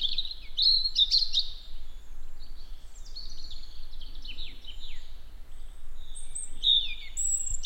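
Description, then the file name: European robin singing a run of high, twittering phrases with quick rises and falls, over low background hum. "Erithacus rubecula"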